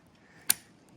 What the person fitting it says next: And you hear that just snap in.